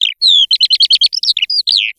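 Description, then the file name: Eurasian skylark song fragment: a quick run of high chirps, short trills and slurred whistles with a clean, quiet background. "ALLODOLA"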